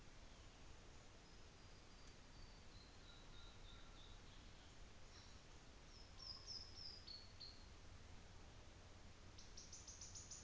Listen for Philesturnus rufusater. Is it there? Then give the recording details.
no. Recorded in New Zealand on 24 December 2018. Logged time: 17:00